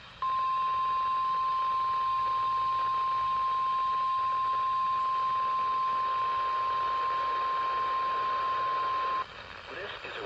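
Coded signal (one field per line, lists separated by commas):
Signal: Emergency Alert System (SAME) tones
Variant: 1050 Hz attention tone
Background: speech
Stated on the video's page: Required weekly tests from two NOAA Weather Radio stations, one with station ID; second received with a weak, hard-to-lock signal.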